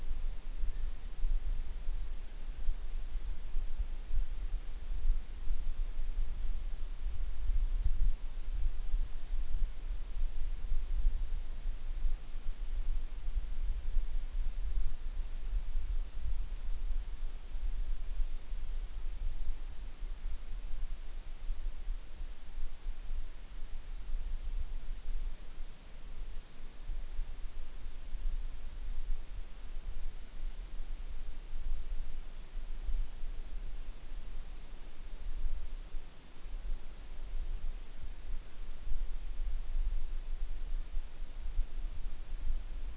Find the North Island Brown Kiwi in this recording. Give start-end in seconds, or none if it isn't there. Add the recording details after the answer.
0.00-2.64. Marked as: faintness 5/5. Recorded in New Zealand on 8 June 2013. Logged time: 02:19